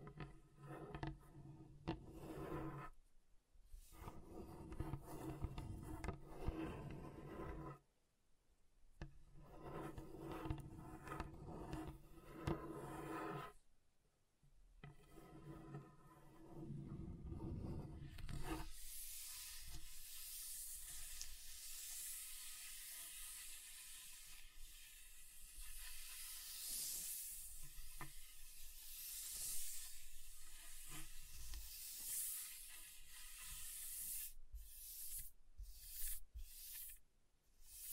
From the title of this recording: Table Scratching Different Surfaces